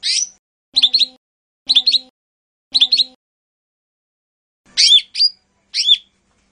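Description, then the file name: Lesser green leafbird song: one slurred note, then a doubled chirp repeated about every second, followed by a burst of three mixed whistled notes. "cucak hijau mini. omkicau"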